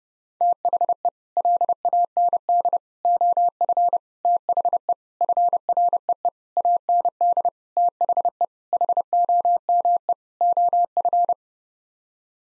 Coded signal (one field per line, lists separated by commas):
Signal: Morse code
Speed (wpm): 30 wpm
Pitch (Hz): 700 Hz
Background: none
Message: THE LAND OF THE FREE AND THE HOME OF